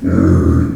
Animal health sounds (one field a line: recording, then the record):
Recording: squeal of a Yucatan mini pig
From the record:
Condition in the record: after surgery on the right vocal fold (resection and tissue-engineered implant)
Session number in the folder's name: 7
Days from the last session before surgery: 47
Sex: female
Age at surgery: 19 weeks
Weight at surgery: 25 kg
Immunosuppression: prednisolone